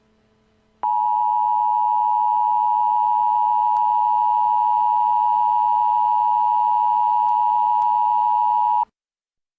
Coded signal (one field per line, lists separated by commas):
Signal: Emergency Alert System (SAME) tones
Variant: 853 and 960 Hz attention tone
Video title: [EAS Mock] The Z Virus - New York: Power Outage